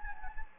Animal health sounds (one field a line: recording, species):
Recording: mosquito wingbeat signal from an infrared sensor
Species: Anopheles gambiae